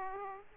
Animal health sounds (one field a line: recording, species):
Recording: mosquito wingbeat signal from an infrared sensor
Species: Aedes aegypti